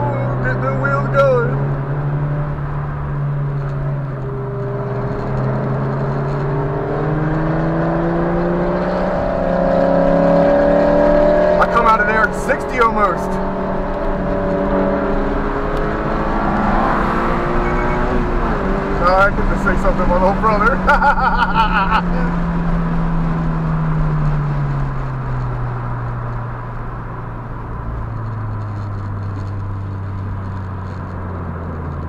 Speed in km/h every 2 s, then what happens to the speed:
81, 72, 77, 93, 97, 100, 105, 114, 130, 135, 124, 109, 84, 77, 68, 58.
0-3 slows to 72. 3-18 speeds up to 135. 18-32 brakes to 58.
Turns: none.